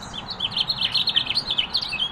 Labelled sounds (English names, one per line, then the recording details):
House Finch song
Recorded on Long Island, New York, on 28 May 2012
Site RH
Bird A